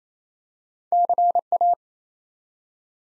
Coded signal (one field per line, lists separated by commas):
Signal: Morse code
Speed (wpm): 28 wpm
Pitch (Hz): 700 Hz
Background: none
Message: CA